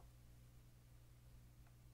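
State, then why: Not seated. A case screw is set into a plastic screw boss of a Commodore 64 case and turned slightly counterclockwise to find the original thread rather than cut new threads. Only a steady low hum and faint handling noise are heard, with a brief soft rustle near 1.7 s. The screw has not yet dropped into the thread, and nothing has clicked.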